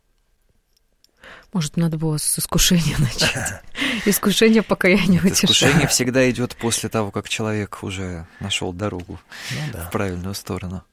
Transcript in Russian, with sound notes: — Может быть, надо было с «Искушения» начать? «Искушение — покаяние — утешение»?
— (Смеется.) Искушение всегда идет после того, как человек уже нашел дорогу в правильную сторону.